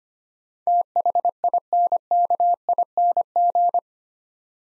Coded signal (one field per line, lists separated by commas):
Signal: Morse code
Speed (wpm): 25 wpm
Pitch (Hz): 700 Hz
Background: none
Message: THINKING